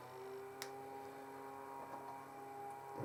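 A glass fuse is pushed into the fuse holder of a Triad subwoofer amplifier during a continuity check, giving a single faint, sharp tick at 0.6 s over a steady tonal hum. The fuse ends up only partly seated, not fully in its holder.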